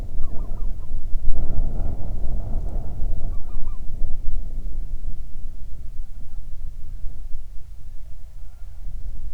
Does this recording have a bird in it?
yes